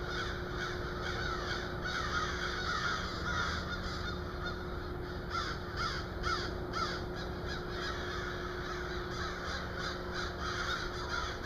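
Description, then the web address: Crows giving scattered rough caws, a cluster around the middle, against a constant hum and noisy background. "animals crows"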